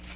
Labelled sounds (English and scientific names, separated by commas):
Magnolia Warbler (Setophaga magnolia) flight call